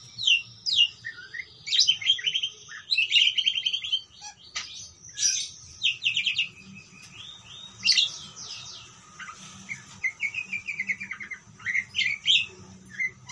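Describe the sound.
Parakeet warbling chatter, a steady stream of high twittering chirps with louder bursts now and then and few pauses.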